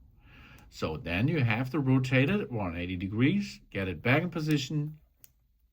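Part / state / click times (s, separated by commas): watch band connector into smartwatch case rail / seated / 5.2 s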